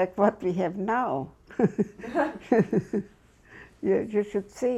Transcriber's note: she laughs